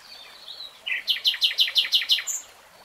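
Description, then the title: Nightingale song: a thin whistle, then a fast run of about eight loud, evenly spaced chuckling notes ending in a high flourish. Nightingale singing in real time. "[Tiếng chim hót] 3 Hours REALTIME Nightingale Singing"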